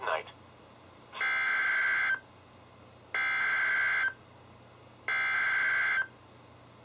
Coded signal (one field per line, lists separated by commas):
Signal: Emergency Alert System (SAME) tones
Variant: header bursts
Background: speech